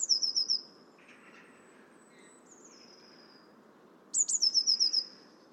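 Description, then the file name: Eurasian blue tit: a burst of rapid high descending notes, a faint thin trill between, then a second, longer burst of several such notes near the end. "Cyanistes caeruleus"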